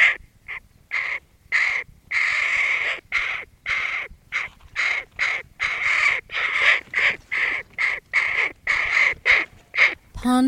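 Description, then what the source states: Hooded crow producing a rapid, continuous string of grating caws, ending with a short tonal sweep. Adult bird.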